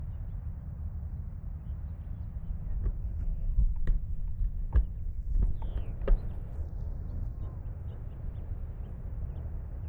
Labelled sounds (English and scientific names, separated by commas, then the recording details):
House Finch (Haemorhous mexicanus) song
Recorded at Babylon on Long Island, New York, on 20 May 1975
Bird A